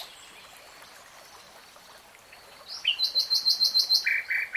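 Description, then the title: Nightingale song: a quiet start, then a rising whistle, a rapid run of bright repeated notes and a few buzzy lower notes; faint background hiss throughout. Nightingale singing; 3-hour real-time recording. "[Tiếng chim hót] REALTIME Nightingale Singing"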